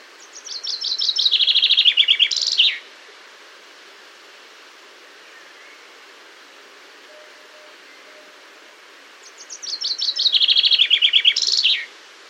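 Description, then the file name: Common chaffinch song: two bright, descending trilled phrases, each about two and a half seconds and ending in a sharp flourish, separated by a long quiet gap. "Fringilla coelebs"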